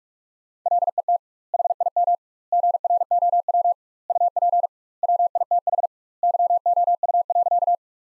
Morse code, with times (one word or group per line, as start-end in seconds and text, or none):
0.7-1.2 LET
1.5-2.1 HIM
2.5-3.7 GROW
4.1-4.7 UP
5.0-5.9 WITH
6.2-7.8 YOU.